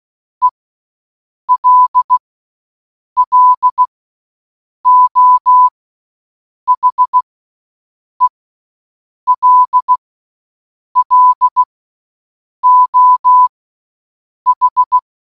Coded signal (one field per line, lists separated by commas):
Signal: Morse code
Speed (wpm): 16 wpm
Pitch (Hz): 1000 Hz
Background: none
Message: ELLO HELLO H